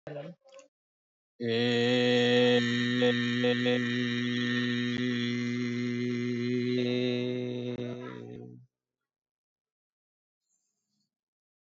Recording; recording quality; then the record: sustained vowel as in made; poor, much background noise or distortion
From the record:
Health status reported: healthy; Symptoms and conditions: hypertension, diabetes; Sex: male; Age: 52 years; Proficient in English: yes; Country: India